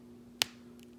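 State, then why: Seated. A swap part is pushed onto the plastic peg joint of an articulated Figma #422 Shi action figure, done reluctantly for fear of breaking something. It goes on with one sharp, loud snap at 0.4 s, followed by a faint tick near 0.8 s over a low steady hum. The part is seated on the joint.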